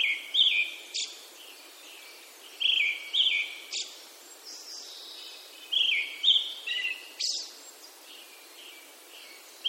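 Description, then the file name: Brown-headed thrush delivering paired, liquid whistled notes that slide downward, phrases repeating roughly every three seconds, with sharp clicks in the gaps. "akahara"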